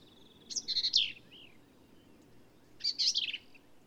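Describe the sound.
Black-capped vireo song: two chattering, squeaky high phrases about two seconds apart, with a soft slurred note after the first.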